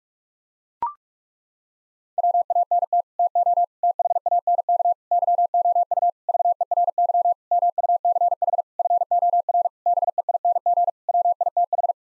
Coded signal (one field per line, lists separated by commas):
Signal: Morse code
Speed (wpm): 41 wpm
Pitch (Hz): 700 Hz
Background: none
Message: WANT TO THANK YOU VERY MUCH FOR BEING WITH